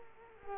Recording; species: mosquito wingbeat signal from an infrared sensor; Culex quinquefasciatus